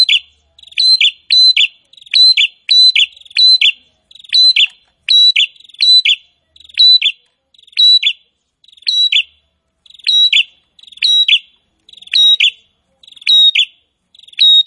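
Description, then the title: Prinia song: rapid, insistent phrases of buzzy trills ending in sharp high notes, repeated in quick succession. Prinia singing actively (gacor). "Prenjak gacor"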